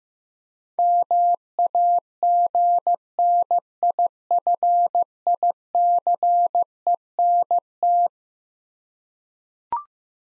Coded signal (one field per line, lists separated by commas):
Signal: Morse code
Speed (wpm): 15 wpm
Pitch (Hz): 700 Hz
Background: none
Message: MAGNIFICENT